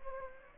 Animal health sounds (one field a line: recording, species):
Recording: mosquito wingbeat signal from an infrared sensor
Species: Anopheles gambiae